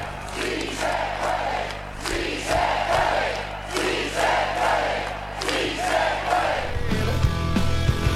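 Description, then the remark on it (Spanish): A large crowd chants the protest slogan "Sí se puede" in unison, loud rhythmic shouted phrases repeating roughly every second, with a steady low hum underneath and a rumbling swell near the end. “Si os parece, voy a poner otro grito, ¿no? De los que hemos escuchado en estos tiempos.”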